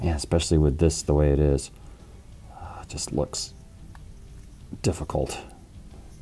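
Someone talks while pushing a plastic tool-arm appendage into the shoulder socket of a McFarlane Toys Zack Snyder's Justice League Cyborg action figure. A short sharp snap at 4.0 s marks the arm seating in the socket, followed by softer handling sounds and more talking.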